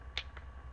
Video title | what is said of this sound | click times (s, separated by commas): Laptop screen replacement / How to replace laptop screen Dell 1545 Inspiron | Just do it gently. You'll hear them snap into place everywhere around. | 0.2 s